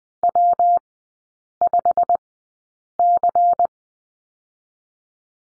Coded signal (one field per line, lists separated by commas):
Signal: Morse code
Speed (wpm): 20 wpm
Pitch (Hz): 700 Hz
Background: none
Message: W5C